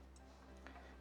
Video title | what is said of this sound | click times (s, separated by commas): What I'm Spec Mining (Is It Profitable?) IPollo V1 Mini | gonna get this plugged in nice click | 0.7 s